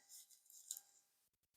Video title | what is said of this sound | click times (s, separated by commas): Radioddity QT80 CW Mod #hamradio #10meter #hf | Should pop into place. Super tight. | 0.7 s